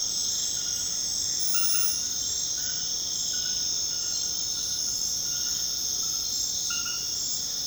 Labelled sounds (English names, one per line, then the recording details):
none
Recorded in secondary vegetation near Puerto Asís, Putumayo, Colombia, on 20 February 2024 at 23:00
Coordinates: 0.472, -76.331
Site G6371